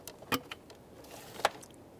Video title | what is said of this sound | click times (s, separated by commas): How to Replace Intake Manifold 2013-2020 Ford Fusion 2.0L I4 | I heard a click from that | 1.4 s